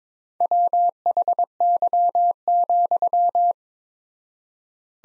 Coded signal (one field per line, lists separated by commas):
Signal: Morse code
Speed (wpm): 22 wpm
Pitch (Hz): 700 Hz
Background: none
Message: WHY,